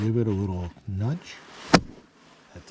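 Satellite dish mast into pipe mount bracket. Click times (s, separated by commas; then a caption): 1.7 s. The mast of a Starlink Standard Gen 3, Ver 4 satellite dish is pushed into a pipe mount bracket re-used from a ViaSat mount, and a gentle hand tap seats it. Someone talks, then a sharp snap at 1.7 s marks the mast snapping right into the bracket.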